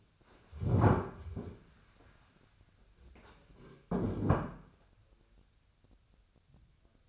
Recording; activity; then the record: daily activity, microphone in the room; stand up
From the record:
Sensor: 2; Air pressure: 1015.1 hPa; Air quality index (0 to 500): 145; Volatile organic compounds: 6 ppm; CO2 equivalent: 1882 ppm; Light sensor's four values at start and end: 12/34/13/15 and 12/33/13/14